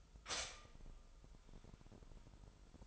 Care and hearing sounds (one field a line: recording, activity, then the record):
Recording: daily activity, microphone in the room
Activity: stop toaster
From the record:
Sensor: 5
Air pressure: 988.6 hPa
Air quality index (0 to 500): 225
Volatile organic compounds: 149 ppm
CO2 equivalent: 4016 ppm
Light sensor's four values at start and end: 40/124/48/52 and 40/124/48/52